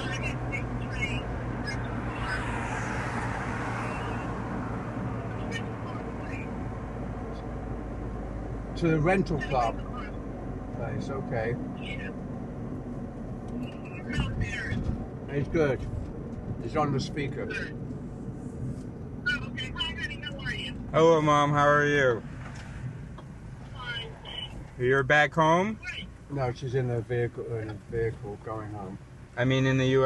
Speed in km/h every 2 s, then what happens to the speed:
38, 36, 34, 32, 30, 30, 26, 26, 21, 17, 12, 8, 2, 0, 0.
0-24 slows to 2. 24-30 standing.